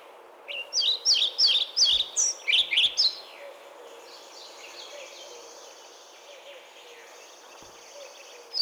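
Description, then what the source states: European pied flycatcher song, a quick ringing phrase of about ten sweet, high notes lasting three seconds, followed by fainter trailing notes over a soft background hiss. Nests in tree hollows and settles in nest boxes hung in forest; song is ringing and cheerful, like someone rapidly saying 'kruti-kruti-verti'.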